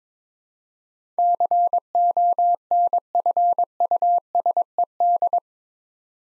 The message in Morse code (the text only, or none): CONFUSED